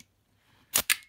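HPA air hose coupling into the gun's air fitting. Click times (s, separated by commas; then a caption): 0.8 s, 0.9 s. An air hose from an HPA tank is pushed onto an airsoft gun's quick-disconnect air fitting, with faint low rustling before two sharp clicks at 0.8 s and 0.9 s. The coupling snaps in and seats, and the connection is then checked for leaks.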